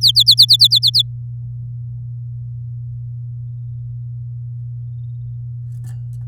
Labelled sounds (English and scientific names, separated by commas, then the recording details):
Domestic Canary (Serinus canaria) song
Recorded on 6 May 2018 at 09:44
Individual llb16